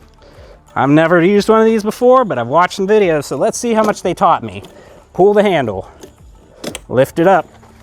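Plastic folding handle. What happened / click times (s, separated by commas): Handled, not yet home: the folding handle has not locked into place / none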